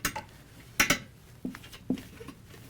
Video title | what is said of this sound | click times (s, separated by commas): Vane Axial Fan Disassembly and Reassembly | push each one down. You should hear them snap through the vane. | 0.1 s, 0.8 s, 1.6 s